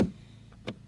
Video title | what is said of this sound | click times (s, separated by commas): How to Install A Fishfinder on A Kayak! - Hummingbird Helix 5 x Old Town Predator PDL | So, you can just slide this back in there and it will lock into place. | 0.7 s